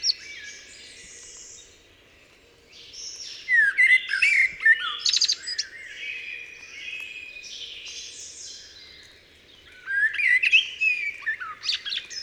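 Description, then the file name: Eurasian blackbird song: short fluted phrases around a low whistle, each ending in a high scratchy twitter, in two bursts separated by quieter warbling. "Turdus merula"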